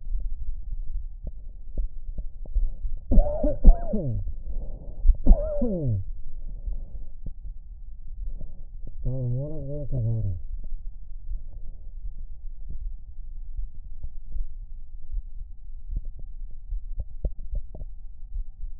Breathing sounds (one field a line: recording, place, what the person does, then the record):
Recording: lung sounds by stethoscope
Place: left anterior apical chest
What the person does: quiet breathing, then cough and speech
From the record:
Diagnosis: interstitial lung disease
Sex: male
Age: 66 years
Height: 164 cm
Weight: 76.2 kg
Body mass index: 28.3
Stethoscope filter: extended mode